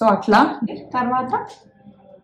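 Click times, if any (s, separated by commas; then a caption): none. Someone talks while the portafilter of a home espresso machine is being twisted into the group head, followed by a quieter stretch of faint low sound. The clip ends before the portafilter goes home, so nothing has seated or clicked yet.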